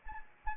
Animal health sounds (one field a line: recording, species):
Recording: mosquito wingbeat signal from an infrared sensor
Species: Anopheles arabiensis